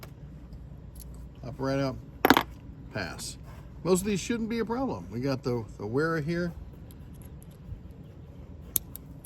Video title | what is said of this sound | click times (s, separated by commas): Ratchet Bit Driver Showdown! Icon vs The World! | Snaps right in. | 8.8 s